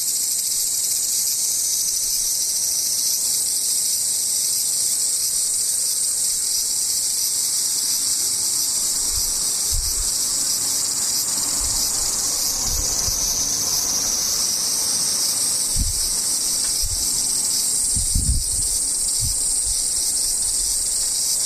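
Cicadas drone in a steady, dense, high-pitched buzz throughout, with a few soft low thumps around ten seconds and near the end.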